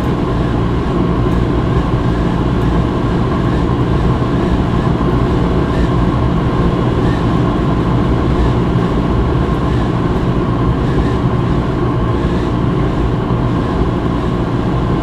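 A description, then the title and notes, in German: A clothes dryer rumbles steadily in a laundromat, a dense, unchanging low drone with a constant hum beneath it. The sound stays even in level for the whole stretch, with only faint brighter ticks and rattles passing now and then. Rauschen des Wäschetrockners im Waschsalon. Begib dich gedanklich in einen SB Waschsalon, wo der sanfte Rhythmus des Wäschetrockners eine Atmosphäre der Ruhe schafft. Die gleichmäßigen Geräusche des Trockners erinnern an die sanfte Brise.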